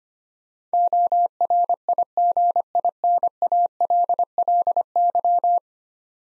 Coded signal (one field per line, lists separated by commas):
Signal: Morse code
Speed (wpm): 25 wpm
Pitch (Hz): 700 Hz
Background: none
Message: ORIGINALLY